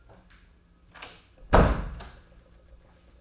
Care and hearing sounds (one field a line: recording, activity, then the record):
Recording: daily activity, microphone in the room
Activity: close door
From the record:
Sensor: 2